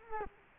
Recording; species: mosquito wingbeat signal from an infrared sensor; Culex quinquefasciatus